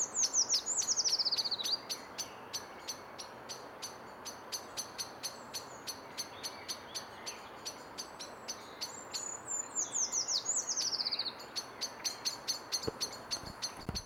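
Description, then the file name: Eurasian treecreeper song: a thin, very high descending trill, given twice, over a running train of sharp ticks. "hegyi fakusz hangja Certhia familiaris"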